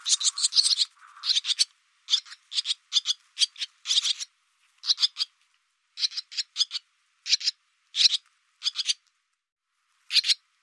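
Barn swallow calls: a fast run of dry, scratchy chips at first, then paired and single sharp notes repeated about every half second, ending after a gap of over a second.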